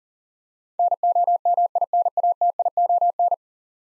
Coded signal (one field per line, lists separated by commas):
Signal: Morse code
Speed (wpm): 39 wpm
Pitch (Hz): 700 Hz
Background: none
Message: NOMINATION